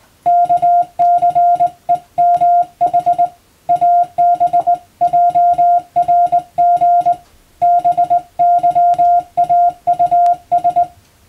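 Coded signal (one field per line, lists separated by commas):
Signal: Morse code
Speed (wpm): 20 wpm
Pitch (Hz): 700 Hz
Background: music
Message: KCEMH ABJRG BYAUS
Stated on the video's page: Morse practice scene for a radio operator practical exam, recorded by a first-class radiotelegraph operator.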